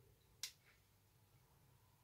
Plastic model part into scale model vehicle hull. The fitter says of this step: and get a nice click it goes in